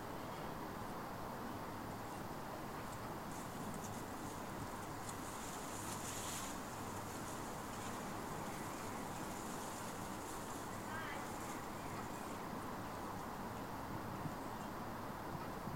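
Outdoor ambience at a farm boundary, dominated by a steady, dense low rumble of road traffic that holds level throughout. A brighter hiss swells briefly around five to seven seconds, and a faint chirping call appears near eleven seconds.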